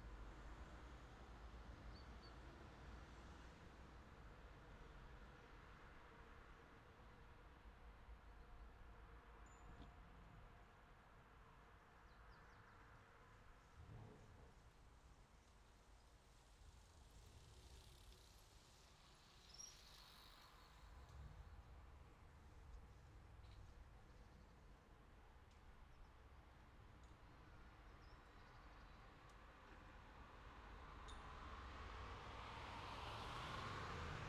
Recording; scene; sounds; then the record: everyday scene through a hearing-aid microphone; in traffic; traffic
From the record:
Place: city secondary road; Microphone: in the ear canal, left